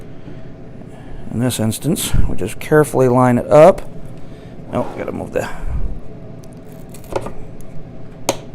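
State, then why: Seated. A power supply is lined up fan side down and moved down into a Cooler Master MasterBox Q300P PC case while someone talks, with light handling noises along the way. At 8.3 s a sharp click is heard as the power supply seats in the case mount.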